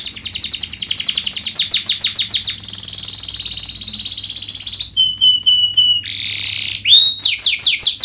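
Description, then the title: Domestic canary singing a fast, varied song: rapid buzzy trills, a steady rolled phrase, then clear whistled notes and sweeping slurs. Singing canary described as a lively, prolific singer with the best varied song style and rich fill-in phrases. "Kenari Gacor Cengkok Terbaik Isian Paling Mewah Kenarigacor Kicaumania Kenari"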